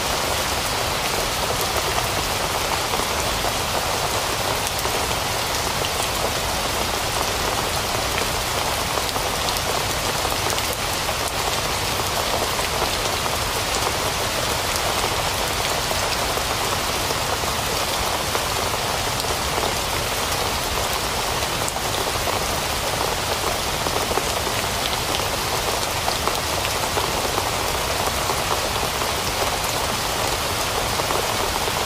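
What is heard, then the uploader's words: Soft rain falls on leaves in a dense, steady patter that never lets up across the whole stretch. The sound is bright and hissy, made of countless tiny close drops, with little low rumble beneath and no distinct events standing out. Soft Rain on Leaves.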